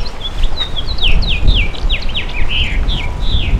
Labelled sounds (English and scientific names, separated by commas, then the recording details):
House Finch (Haemorhous mexicanus) song
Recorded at Massapequa on Long Island, New York, on 14 May 2013
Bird F